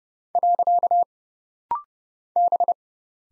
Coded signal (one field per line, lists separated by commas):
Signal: Morse code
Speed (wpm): 30 wpm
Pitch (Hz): 700 Hz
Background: none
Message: . B